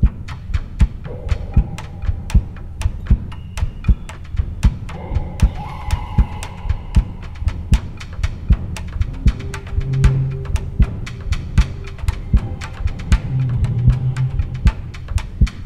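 Sharp, punchy thumps repeat in a steady rhythm, each one short and staccato, over a low background hum. This is a forceful, pounding heartbeat in an adult woman after aortic surgery, felt with every beat like a rubber mallet banging on the inside of the sternum, though blood pressure is normal.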